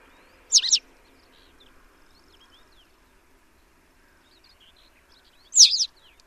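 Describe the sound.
Bird calls, two brief high sharp chirps about five seconds apart, with faint soft twittering between them.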